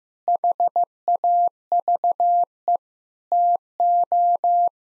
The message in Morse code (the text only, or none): HAVE TO